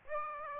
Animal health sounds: mosquito wingbeat signal from an infrared sensor; Aedes aegypti

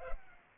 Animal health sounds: mosquito wingbeat signal from an infrared sensor; Culex pipiens

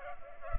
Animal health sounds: mosquito wingbeat signal from an infrared sensor; Culex pipiens

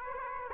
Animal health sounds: mosquito wingbeat signal from an infrared sensor; Aedes aegypti

